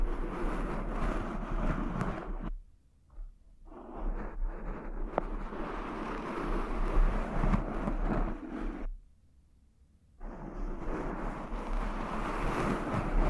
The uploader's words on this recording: ASMR Cork Triggers. (No Talking).